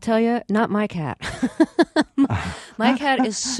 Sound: soundbite of laughter

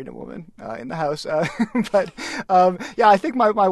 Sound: soundbite of laughter

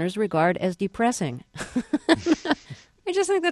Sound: soundbite of laughter

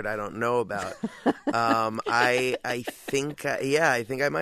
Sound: laughter

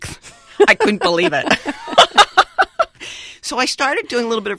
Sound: soundbite of laughter

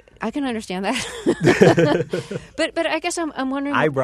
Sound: soundbite of laughter

